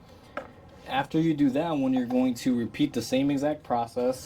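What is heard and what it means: A GM plastic heater hose quick-connect coupling, greased with silicone paste, is pushed onto the second metal heater line and snaps into place with one sharp click at 0.4 s, showing it is seated. Someone then talks.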